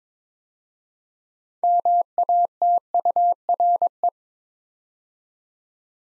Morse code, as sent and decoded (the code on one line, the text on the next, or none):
-- .- - ..- .-. .
MATURE